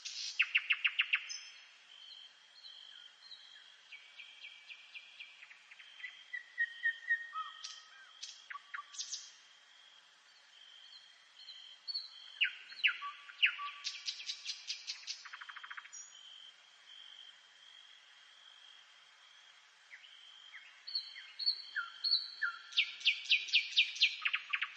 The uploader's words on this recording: Nature Sounds. Night forest.